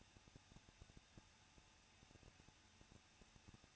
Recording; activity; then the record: daily activity, microphone in the room; no activity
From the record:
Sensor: 2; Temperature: 21.0 degrees Celsius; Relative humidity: 37.4%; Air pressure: 1006.2 hPa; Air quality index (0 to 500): 222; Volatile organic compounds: 24 ppm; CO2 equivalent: 2816 ppm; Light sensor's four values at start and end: 2/3/2/2 and 2/3/2/2